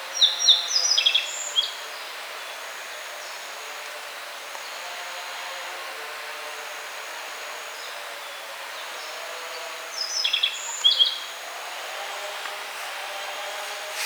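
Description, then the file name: Yellow bunting song: two short bursts of high, thin, slurred notes near the start and again about ten seconds in, separated by quiet hiss and faint high tones. "Emberiza sulphurata"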